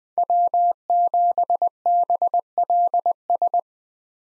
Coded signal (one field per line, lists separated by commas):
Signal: Morse code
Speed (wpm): 20 wpm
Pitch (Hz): 700 Hz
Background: none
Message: W7BLS